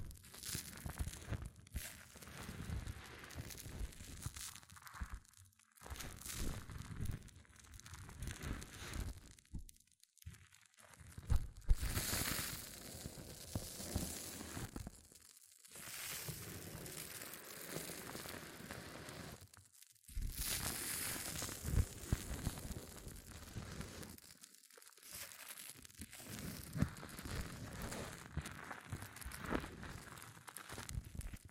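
Hair mousse fizzes and crackles in dense, bright bursts, with a crinkly, crunchy texture running almost continuously. Brief near-silent gaps break it up around 5, 10, 15, 20 and 25 seconds, and a few louder hissing surges stand out, notably near 12 and 21 seconds.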